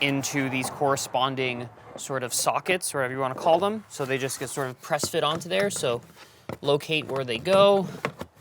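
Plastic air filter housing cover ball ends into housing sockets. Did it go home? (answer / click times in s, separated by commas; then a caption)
no / none. On a Fiat 500, the plastic air filter housing cover is handled while its ball ends are lined up with the matching sockets on the housing, ready to be pressed down. Someone talks throughout. Nothing has seated or clicked yet.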